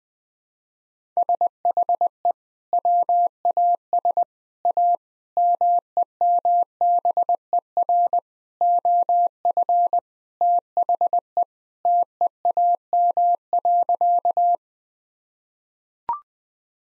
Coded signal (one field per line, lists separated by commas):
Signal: Morse code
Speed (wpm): 21 wpm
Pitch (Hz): 700 Hz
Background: none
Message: SHE WAS A MEMBER OF THE TEAM.